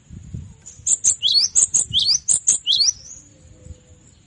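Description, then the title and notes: Cinereous tit singing one quick phrase of about ten bright high notes, alternating higher and lower in pairs, then quiet. Masteran tutor recording, made for training songbirds to learn this song. "Masteran Gelatik Batu. burung gelatik"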